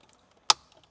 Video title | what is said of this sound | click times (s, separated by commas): BMW X3 E83 : Installation Complète Écran Android avec CarPlay & Android Auto | vérif que c'est bien clipsé là bien clipsé là et bien remis le bouton vert bien remis et | 0.5 s